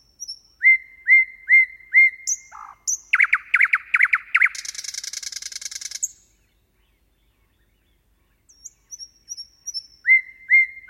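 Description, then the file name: Common nightingale song, a series of rising whistles, then loud throbbing repeated notes and a dry rattling trill, a pause, and fresh whistled notes starting again. "Nattergal"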